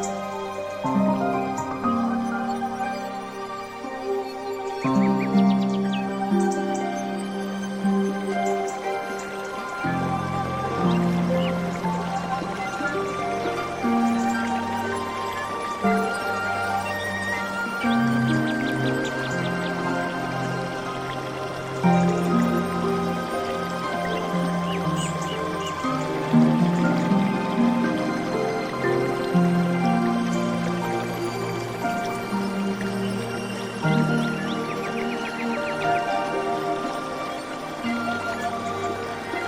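Calm zen music of sustained, layered tones changes chords every four or five seconds over a low bass, with soft dripping water underneath.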